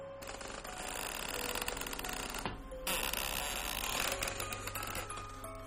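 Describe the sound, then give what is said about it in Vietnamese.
An old, long-unused storeroom door slowly creaks open in two long, drawn-out grinding groans separated by a brief pause, loud and harsh with a steady droning tone. “Cánh cửa phòng kho lâu ngày cũ kỹ rít lên vài tiếng ken két đến rợn người.”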